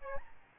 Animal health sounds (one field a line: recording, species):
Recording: mosquito wingbeat signal from an infrared sensor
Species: Aedes albopictus